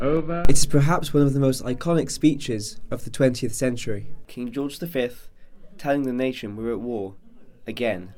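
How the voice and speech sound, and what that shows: An adult male news reporter narrates in a clear, steady voice with smooth, even pacing and brief natural pauses; fluent speech with no disorder.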